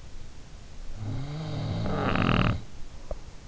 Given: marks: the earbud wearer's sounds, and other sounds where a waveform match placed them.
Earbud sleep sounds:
sounds in sleep by an in-ear microphone; snoring breath
0.54-3.34 s: snoring breath

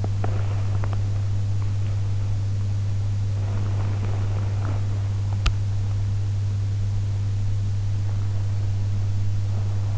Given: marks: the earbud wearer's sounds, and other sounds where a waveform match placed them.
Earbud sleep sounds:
sounds in sleep by an in-ear microphone; body movement
0.00-1.38 s: body movement
3.32-5.65 s: body movement

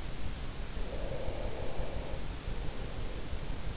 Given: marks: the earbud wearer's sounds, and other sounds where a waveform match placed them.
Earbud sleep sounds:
sounds in sleep by an in-ear microphone; breath
0.89-3.48 s: breath

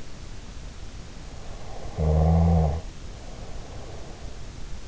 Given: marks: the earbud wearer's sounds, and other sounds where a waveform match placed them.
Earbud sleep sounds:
sounds in sleep by an in-ear microphone; snoring breath
1.64-4.75 s: snoring breath

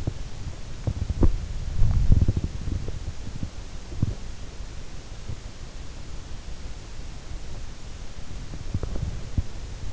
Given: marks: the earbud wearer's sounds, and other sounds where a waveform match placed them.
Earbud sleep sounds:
sounds in sleep by an in-ear microphone; body movement
0.00-5.26 s: body movement
8.29-9.48 s: body movement

